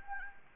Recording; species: mosquito wingbeat signal from an infrared sensor; Anopheles gambiae